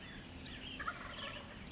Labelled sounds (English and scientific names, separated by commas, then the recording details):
Western Tanager (Piranga ludoviciana)
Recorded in Sonoma County, California